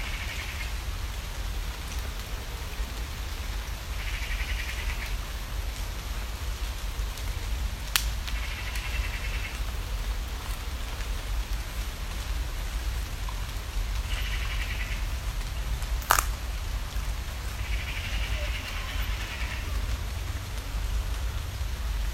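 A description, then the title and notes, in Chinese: A forest ambience with a steady hiss and low rumble throughout, like rain or wind. Short buzzy bird calls rise above it every few seconds, and two sharp clicks stand out around the eighth and sixteenth seconds. 日本福岛市鸟类森林（小森之森）。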